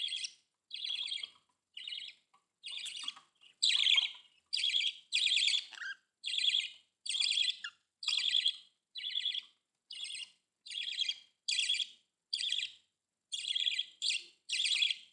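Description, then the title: Budgerigar giving a steady run of buzzy, grating chirps, roughly one per second, fairly even in pitch throughout. "Budgie Sounds"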